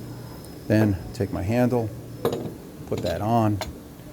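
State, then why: Not seated. A dumbbell handle is being put onto the crossbar assembly of a Bowflex 552 Series 1 & 2 / 1090 dumbbell during an Average Joe Disc Fix Kit installation, with short handling knocks at 0.5 s and 2.3 s while someone talks. The handle has not been rotated home yet, and nothing has seated or clicked.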